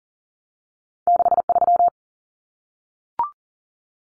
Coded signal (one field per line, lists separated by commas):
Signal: Morse code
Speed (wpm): 40 wpm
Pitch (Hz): 700 Hz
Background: none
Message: 63